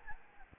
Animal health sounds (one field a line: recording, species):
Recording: mosquito wingbeat signal from an infrared sensor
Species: Aedes albopictus